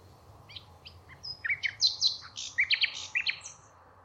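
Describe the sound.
Bird twittering: a rapid, varied jumble of sharp chirps and short high notes, with quiet low background hum.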